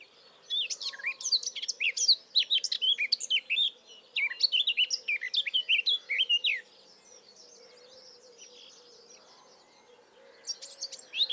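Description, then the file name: Eurasian blackcap song: a long, rich warbling phrase of quick varied notes, then a pause before another phrase begins near the end; faint low hum throughout. "Sylvia atricapilla"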